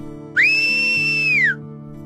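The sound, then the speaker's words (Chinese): A man in a blue suit and glasses, sitting in a restaurant, whistles to call a waiter to order: a single loud, sustained whistle, about a second long, that swoops up, holds a steady high pitch, then slides down at the end, over a faint low background hum. “有一位穿着蓝色西装、戴着眼镜的先生，他戴着一顶黑色圆圆的礼帽，他正坐在餐厅里吹口哨，想叫服务员来点菜。”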